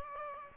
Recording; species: mosquito wingbeat signal from an infrared sensor; Aedes aegypti